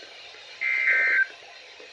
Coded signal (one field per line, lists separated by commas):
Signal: Emergency Alert System (SAME) tones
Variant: end-of-message bursts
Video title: WEEKLIES TESTINGS... EAS Alerts From 11/25 - 11/27/24 (EAS#1,973 - #1,985)